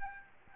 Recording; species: mosquito wingbeat signal from an infrared sensor; Aedes albopictus